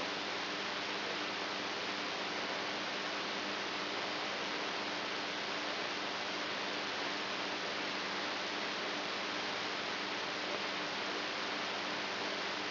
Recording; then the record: brain microelectrode recording played as sound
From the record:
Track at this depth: inside the subthalamic nucleus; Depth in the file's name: 4.913 mm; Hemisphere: right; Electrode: 2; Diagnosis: Parkinson's disease